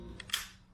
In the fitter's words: there should be a nice click.